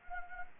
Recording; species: mosquito wingbeat signal from an infrared sensor; Anopheles arabiensis